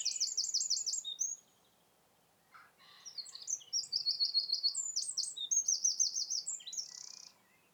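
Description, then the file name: Eurasian wren singing rapid, piercing trills, pausing briefly, then a long tumbling phrase of high rattles and buzzy trills. "Troglodytes troglodytes"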